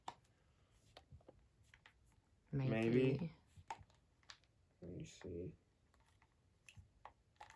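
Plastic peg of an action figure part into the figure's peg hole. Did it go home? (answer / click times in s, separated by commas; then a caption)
yes / 7.1 s. Plastic pegs of an action figure's parts are pushed into their holes in the figure, with light plastic handling clicks and taps throughout while someone talks. The peg pops into place with a sharp click at 7.1 s, and the part is seated.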